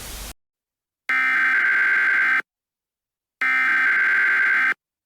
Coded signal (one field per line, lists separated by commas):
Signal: Emergency Alert System (SAME) tones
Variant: header bursts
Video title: EAS Scenario Duble Threat SCP-106 & SCP-280.